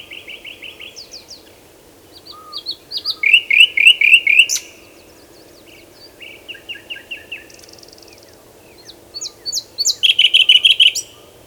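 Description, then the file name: Common nightingale song with fast rattling trills of repeated notes in several bouts separated by brief pauses, plus sharp higher notes between phrases. "Luscinia megarhynchos"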